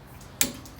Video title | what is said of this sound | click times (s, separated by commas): Rear Brake Pads Replacement with my youngest kid | that's done didn't you hear the click | 0.4 s